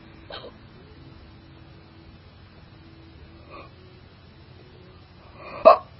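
Three short, sharp hiccups sound over six seconds, spaced about two to three seconds apart, the last the loudest. Each is an abrupt gulping catch of the breath, about twenty a minute, against a faint steady background hum.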